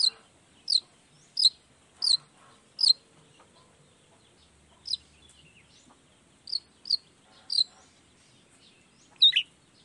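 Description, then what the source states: Long-tailed shrike uttering a series of sharp high chips, a pause, then further scattered chips and a final descending note. Lively long-tailed shrike singing in the morning with 'toet toet' sound variations, used to stimulate lazy shrikes into singing along quickly.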